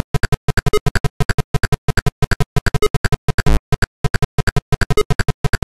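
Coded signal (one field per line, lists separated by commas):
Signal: none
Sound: game's music beeps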